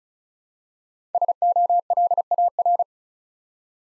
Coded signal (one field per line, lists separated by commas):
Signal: Morse code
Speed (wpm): 36 wpm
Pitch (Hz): 700 Hz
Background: none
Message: SOLAR